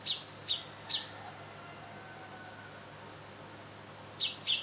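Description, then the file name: Eurasian blackbird uttering sharp, high clipped notes, three in quick succession at the start and two more at the very end, separated by quiet. "Turdus merula"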